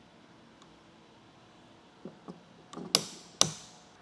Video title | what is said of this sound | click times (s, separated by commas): etrailer - Setting up the Yakima JetStream Crossbars on your 2023 GMC Terrain | Tighten it down until it clicks, and that'll lock the tower in place. | 3.0 s, 3.4 s